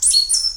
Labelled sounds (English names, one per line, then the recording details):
Stitchbird song
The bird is a male
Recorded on Tiritiri Matangi Island, New Zealand, in 2005
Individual 5, of nest box 6